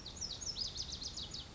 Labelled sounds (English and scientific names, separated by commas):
Lazuli Bunting (Passerina amoena)